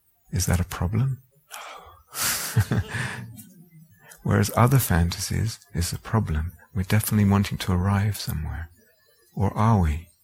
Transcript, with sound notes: "Is that a problem?" "No." [laughter] Whereas other fantasies, it's a problem; we're definitely wanting to arrive somewhere. Or are we?